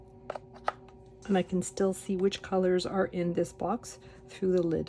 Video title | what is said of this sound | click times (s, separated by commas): Mini Distress Ink Pad Storage Case | And they all just sort of click into place because of the magnet. | 0.3 s, 0.7 s